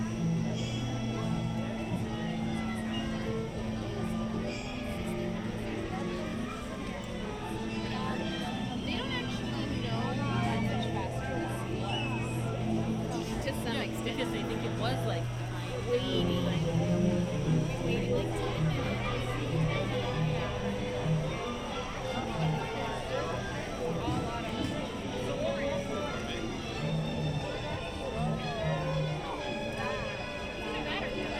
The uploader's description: the sounds/ambience found on both the Mad Tea Party and Alice in Wonderland attractions